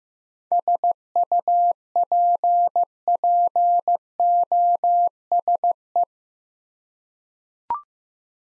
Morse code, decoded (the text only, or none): SUPPOSE